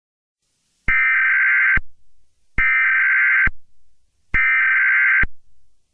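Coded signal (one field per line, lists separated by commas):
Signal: Emergency Alert System (SAME) tones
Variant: header bursts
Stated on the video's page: Fictional EAS mock scenario as a 9/11 tribute, not a real alert.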